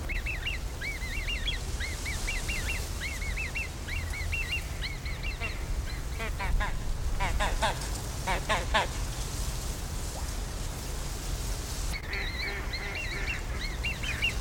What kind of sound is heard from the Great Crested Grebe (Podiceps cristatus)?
call